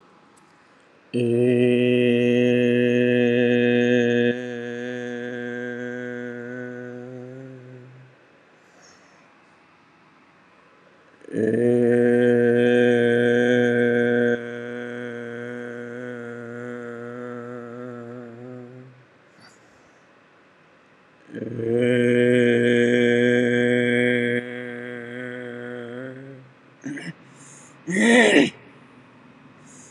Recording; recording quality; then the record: sustained vowel as in made; excellent, no background noise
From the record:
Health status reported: COVID-19 positive, moderate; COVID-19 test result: positive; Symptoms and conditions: cough, cold, fever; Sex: male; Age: 44 years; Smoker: not ticked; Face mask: worn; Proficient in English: yes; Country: India